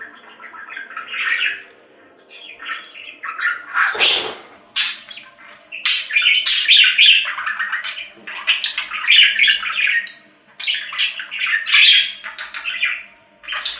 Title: Budgie Sounds